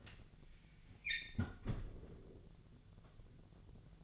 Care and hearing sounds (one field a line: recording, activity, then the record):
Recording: daily activity, microphone in the room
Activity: close fridge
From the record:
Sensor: 4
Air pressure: 1000.9 hPa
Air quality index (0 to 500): 130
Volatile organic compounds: 1 ppm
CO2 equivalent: 973 ppm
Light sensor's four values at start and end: 29/69/29/32 and 31/74/31/34